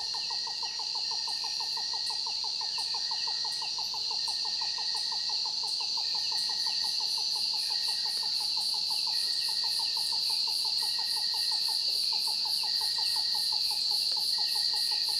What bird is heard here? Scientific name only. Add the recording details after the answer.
Corythaeola cristata. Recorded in Kibale, Uganda